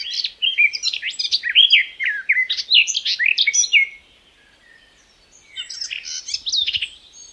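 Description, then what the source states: Garden warbler delivering a sustained, rich warbling phrase of rapid varied notes, falling quiet for over a second before starting another phrase. May 2020.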